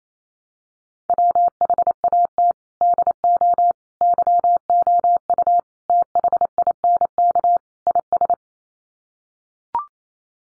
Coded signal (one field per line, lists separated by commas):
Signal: Morse code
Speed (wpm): 28 wpm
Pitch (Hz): 700 Hz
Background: none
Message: WHAT DO YOU THINK IS